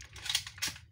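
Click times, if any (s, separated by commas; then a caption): 0.3 s, 0.4 s. The cocking bolt of a Beretta MP900 full-upgrade spring airsoft sniper rifle is pulled back after the loaded magazine has been inserted. Sharp clicks at 0.3 s and 0.4 s show the bolt catching into place, followed by another short scraping burst around 0.6 s. The bolt is cocked and seated.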